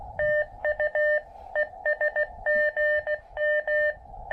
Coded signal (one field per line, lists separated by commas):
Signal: Morse code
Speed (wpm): 19 wpm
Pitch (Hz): 600 Hz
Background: none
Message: TU ES GM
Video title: Gazebo POTA Portable! A quick hike & speedy QRP POTA activation with the Elecraft KX2